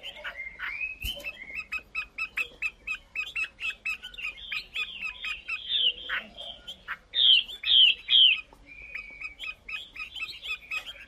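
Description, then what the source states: Chinese hwamei song: a long chain of varied whistled notes and slurs, with three loud ringing notes near eight seconds and softer trailing phrases. Female bird singing.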